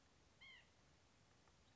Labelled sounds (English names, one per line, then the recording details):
White-breasted Nuthatch
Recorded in Sonoma County, California